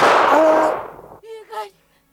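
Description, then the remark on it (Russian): A single loud gunshot bursts out and rings away over about a second, followed by two short, strained vocal cries from a person. “Я выстрелю, доктор!”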